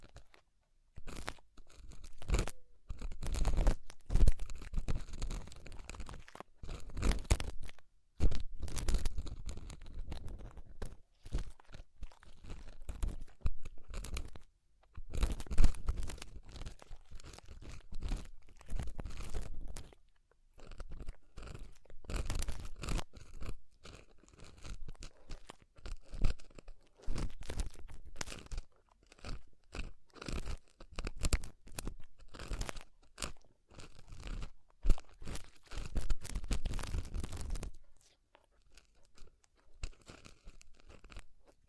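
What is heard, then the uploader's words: Ear cleaning sounds made up of dense, crackly scratching and crunching bursts that come in clusters of a few seconds, separated by short quiet gaps. Some bursts carry a low thumping rumble, notably around 4, 15 and 36 seconds, and the sound stops near the end. ASMR Deep Ear Cleaning Session.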